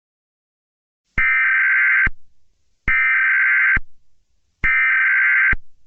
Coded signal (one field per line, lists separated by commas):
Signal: Emergency Alert System (SAME) tones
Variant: header bursts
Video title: EAS Severe thunderstorm warning For Maryland, West Virginia and virginia